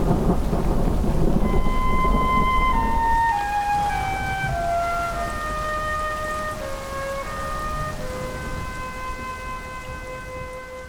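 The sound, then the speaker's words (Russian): Steady, dense rain hisses throughout as it falls on a man walking through it, with a deep thunder-like rumble early on, while a long siren wail sustains and slowly slides downward in pitch over the downpour. No voices. “Он идет дальше, подставив дождю лицо.”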